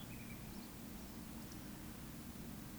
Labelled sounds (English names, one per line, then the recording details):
Eurasian Woodcock whistle
Eurasian Woodcock croak
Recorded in Baden-Württemberg, Germany, on 14 May 2021 at 19:38 UTC
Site 25175, 602 m above sea level